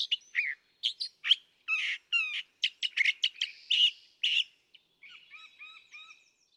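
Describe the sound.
California thrasher song of separate harsh, squeaky notes and short phrases at uneven intervals, ending in a softer series of faint, buzzy slurred notes.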